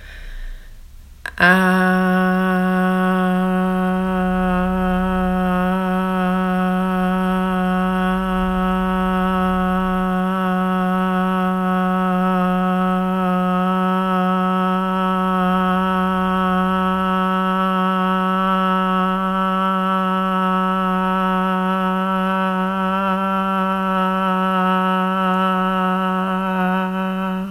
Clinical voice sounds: sustained vowel /a/; female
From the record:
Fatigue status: no fatigue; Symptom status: asymptomatic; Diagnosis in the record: COVID-19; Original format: m4a

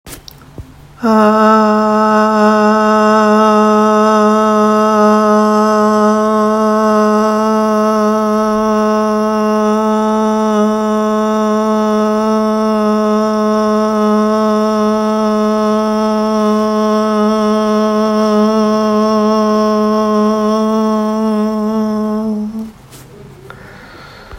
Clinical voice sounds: sustained vowel /a/; female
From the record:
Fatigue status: fatigue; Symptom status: symptomatic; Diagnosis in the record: COVID-19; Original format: m4a

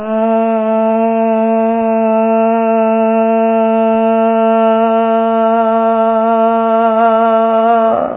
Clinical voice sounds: sustained vowel /a/; female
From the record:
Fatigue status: no fatigue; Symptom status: symptomatic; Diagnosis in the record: COVID-19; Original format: 3gp

